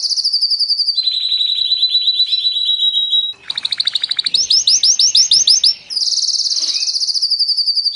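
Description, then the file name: Canary song in rolling tours: steady high trills, a brief pause, fast rising repeated notes, another pause, then a bright rapid trill. Kenari trio masteran, a training recording for teaching songbirds. "kenari trio masteran omkicau"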